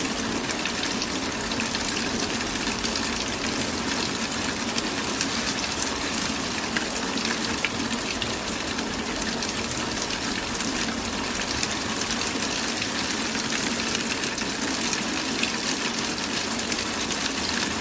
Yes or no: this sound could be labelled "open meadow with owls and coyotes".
no